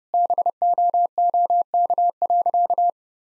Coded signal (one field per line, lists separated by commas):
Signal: Morse code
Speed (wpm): 30 wpm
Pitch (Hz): 700 Hz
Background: none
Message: BOOK.